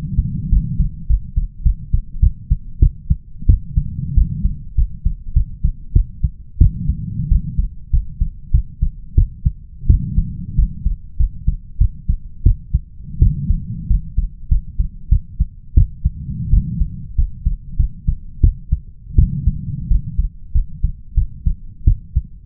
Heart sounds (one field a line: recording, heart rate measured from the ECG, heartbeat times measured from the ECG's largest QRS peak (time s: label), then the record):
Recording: heart sounds by stethoscope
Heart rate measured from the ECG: 93 bpm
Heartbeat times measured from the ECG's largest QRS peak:
0.50 s: heartbeat
1.07 s: heartbeat
1.63 s: heartbeat
2.20 s: heartbeat
2.80 s: heartbeat
3.46 s: heartbeat
4.15 s: heartbeat
4.75 s: heartbeat
5.34 s: heartbeat
5.93 s: heartbeat
6.58 s: heartbeat
7.29 s: heartbeat
7.91 s: heartbeat
8.51 s: heartbeat
9.15 s: heartbeat
9.87 s: heartbeat
10.56 s: heartbeat
11.17 s: heartbeat
11.78 s: heartbeat
12.43 s: heartbeat
13.19 s: heartbeat
13.87 s: heartbeat
14.49 s: heartbeat
15.09 s: heartbeat
15.74 s: heartbeat
16.50 s: heartbeat
17.15 s: heartbeat
17.77 s: heartbeat
18.41 s: heartbeat
19.16 s: heartbeat
19.88 s: heartbeat
20.52 s: heartbeat
21.15 s: heartbeat
21.85 s: heartbeat
From the record:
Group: healthy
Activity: rest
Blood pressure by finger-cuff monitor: 130/89 mmHg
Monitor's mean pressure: 102 mmHg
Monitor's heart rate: 95 bpm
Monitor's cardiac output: 6.7 L/min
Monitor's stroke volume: 71 mL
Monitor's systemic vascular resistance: 1120 dyn s/cm5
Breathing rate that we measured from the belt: 19 breaths a minute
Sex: male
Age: 21 years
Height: 180 cm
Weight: 67.5 kg